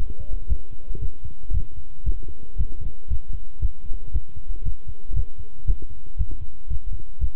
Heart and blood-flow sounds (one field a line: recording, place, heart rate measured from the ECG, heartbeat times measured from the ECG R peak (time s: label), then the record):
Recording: heart sounds by stethoscope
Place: between the tricuspid and mitral areas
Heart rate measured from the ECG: 116 bpm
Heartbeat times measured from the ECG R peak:
0.49 s: heartbeat
1.01 s: heartbeat
1.53 s: heartbeat
2.06 s: heartbeat
2.58 s: heartbeat
3.10 s: heartbeat
3.62 s: heartbeat
4.13 s: heartbeat
4.65 s: heartbeat
5.16 s: heartbeat
5.67 s: heartbeat
6.18 s: heartbeat
6.70 s: heartbeat
7.21 s: heartbeat
From the record:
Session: walking at 3.7 km/h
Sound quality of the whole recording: good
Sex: male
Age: 25 years